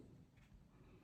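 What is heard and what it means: A replacement battery pack, or its connector, is slid gently into the chassis of an HP Envy x360 convertible laptop. Only low, steady handling rumble and faint rubbing are heard, with no sharp transients. Nothing has seated or snapped into place yet.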